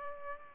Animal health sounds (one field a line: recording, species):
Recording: mosquito wingbeat signal from an infrared sensor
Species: Aedes albopictus